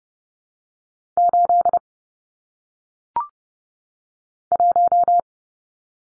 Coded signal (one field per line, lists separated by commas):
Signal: Morse code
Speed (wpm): 30 wpm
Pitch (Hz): 700 Hz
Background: none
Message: 8 1